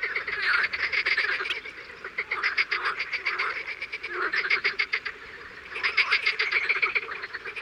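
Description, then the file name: Frogs and toads calling in bursts, rapid rattling croaks swelling and fading in waves. Recorded in the morning. "BATRACIENS AU MATIN"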